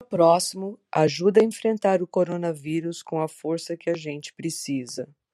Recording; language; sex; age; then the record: spoken sentence; Brazilian Portuguese; female; 50 to 59 years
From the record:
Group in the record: control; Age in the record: 50 years